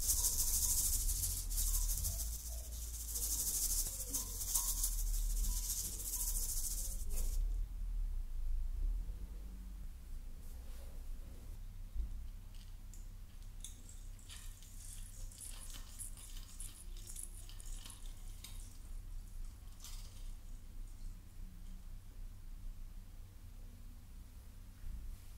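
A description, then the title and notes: Someone decorates a Christmas tree indoors, with a loud, bright rustling hiss for the first seven seconds, like handling tinsel or plastic branches. After that come scattered soft rustles and light clicks over a steady low hum that runs throughout. Decorating My Christmas Tree No Talking.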